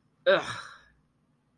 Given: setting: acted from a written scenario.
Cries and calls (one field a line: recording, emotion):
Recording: vocal sound without words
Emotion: contempt